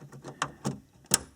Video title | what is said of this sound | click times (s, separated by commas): How to Remove TV Tuner Module (AVANT) - Audi A4 S4 RS4 - B6 B7 - 2001-2008 - TOTAL TECHNIK | you hear us and click into place and do the same on the other side | 0.4 s, 1.1 s